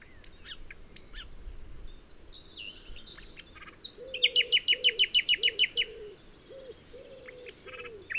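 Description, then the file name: Common nightingale singing scattered high notes, then a loud even run of repeated sharp notes; a low repeated note sounds in the background. "Luscinia megarhynchos"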